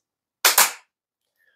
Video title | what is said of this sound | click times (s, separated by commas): TernX Carry On: Von Handgepäck zu Buggy in Sekunden! ⏱✈️ | And you know it's attached when you hear a click. | 0.5 s